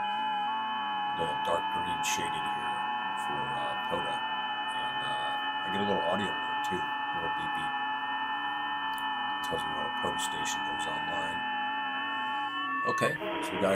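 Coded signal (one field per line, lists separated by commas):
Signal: FT8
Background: speech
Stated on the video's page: FT8 signals from POTA stations received on an Icom 7610 on 20 meters.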